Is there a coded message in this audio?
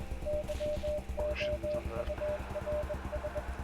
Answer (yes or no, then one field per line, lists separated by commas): yes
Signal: Morse code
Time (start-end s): 0.3-3.4 s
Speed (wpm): 21 wpm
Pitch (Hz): 600 Hz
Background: music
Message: YOURS